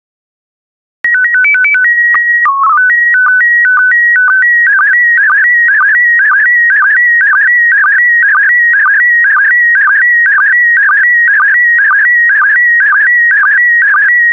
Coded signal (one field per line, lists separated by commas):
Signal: SSTV (slow-scan television)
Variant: PD 120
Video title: 49014 Apes SSTV PD120